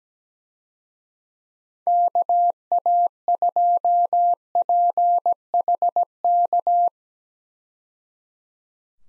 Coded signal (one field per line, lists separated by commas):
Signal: Morse code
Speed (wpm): 17 wpm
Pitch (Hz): 700 Hz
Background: none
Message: KA2PHK